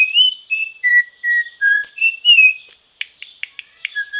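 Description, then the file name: Venezuelan troupial song: clear whistled notes at steady or slightly falling pitch in a rapid series, ending with a few short sharp clicks and a final whistle. "turpial"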